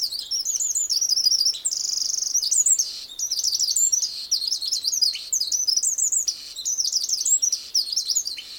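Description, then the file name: Eurasian wren song: long, rapid, high-pitched outbursts of trills and sharp twittering notes, delivered almost without pause throughout. "Troglodytes troglodytes"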